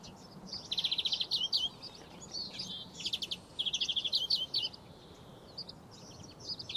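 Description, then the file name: European greenfinch singing rapid rattling trills mixed with twittering and drawn-out wheezy notes, several bursts in quick succession. "Chloris chloris"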